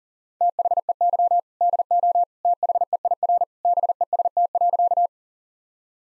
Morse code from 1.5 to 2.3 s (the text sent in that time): DO